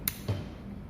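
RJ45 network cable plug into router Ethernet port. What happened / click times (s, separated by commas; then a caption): The network plug clicked into its port / 0.1 s. An RJ45 network cable plug, moved from port 3, is pushed into port 2 of a Mikrotik router. A sharp, bright click sounds at 0.1 s, followed by a softer, low thump at 0.3 s. The plug seats in the Ethernet port.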